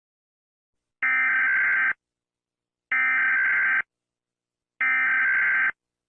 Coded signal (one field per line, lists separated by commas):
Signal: Emergency Alert System (SAME) tones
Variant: header bursts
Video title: EAS Scenario - The Happy Bear (Part 5) (collaboration with @pierosebastiani-eas )